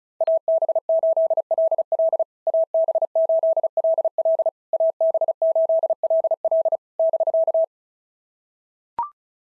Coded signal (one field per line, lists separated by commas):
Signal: Morse code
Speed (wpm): 33 wpm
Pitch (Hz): 650 Hz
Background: none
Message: AB8LL AB8LL AB8LL <BK>